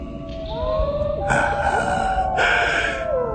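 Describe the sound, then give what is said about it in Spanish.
Several wolves in Transylvania howl together at night in long, overlapping, wavering tones that rise and fall, joined by two rough, breathy bursts of noise partway through. No one speaks. “Escúchenos. Los hijos de la noche. Qué dulce música, ¿verdad?”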